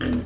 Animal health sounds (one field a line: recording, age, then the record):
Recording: pig call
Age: growing-finishing pig (85 days or more)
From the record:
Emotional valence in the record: positive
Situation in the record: enriched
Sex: female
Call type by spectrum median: low-frequency call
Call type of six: low-frequency stable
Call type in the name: low-frequency stable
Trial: 2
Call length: 0.25 s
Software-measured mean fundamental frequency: 48 Hz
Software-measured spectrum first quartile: 217 Hz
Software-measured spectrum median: 352 Hz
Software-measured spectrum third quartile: 1355 Hz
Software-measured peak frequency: 249 Hz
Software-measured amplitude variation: 115 dB a second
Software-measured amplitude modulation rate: 22.0 a second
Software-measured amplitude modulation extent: 5.3 dB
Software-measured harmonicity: 2.5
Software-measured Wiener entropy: -2.52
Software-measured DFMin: 1195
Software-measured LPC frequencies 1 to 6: 296, 1726, 3146, 4349, 4992, 5891 Hz